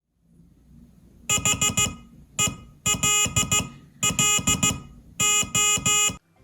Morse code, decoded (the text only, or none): HELLO